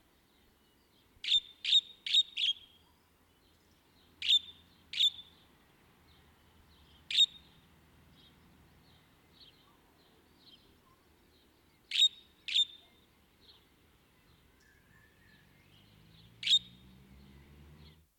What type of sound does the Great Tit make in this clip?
begging call